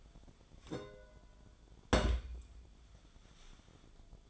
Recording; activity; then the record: daily activity, microphone in the room; place on stove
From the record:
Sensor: 5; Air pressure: 1010.0 hPa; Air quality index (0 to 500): 150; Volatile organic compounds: 3 ppm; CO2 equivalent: 1462 ppm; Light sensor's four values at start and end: 251/612/261/286 and 250/609/259/284